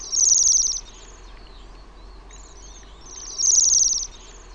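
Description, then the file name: Bohemian waxwing calls: two strong, high buzzy trills about three seconds apart, with faint trilling in between. "TILHI"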